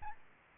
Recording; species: mosquito wingbeat signal from an infrared sensor; Aedes albopictus